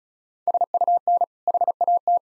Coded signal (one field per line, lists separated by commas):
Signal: Morse code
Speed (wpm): 34 wpm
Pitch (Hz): 700 Hz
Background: none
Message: SUN HAT